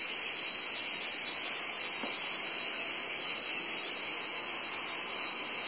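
Cicadas droning in a constant shrill buzz, with one brief faint click around the middle.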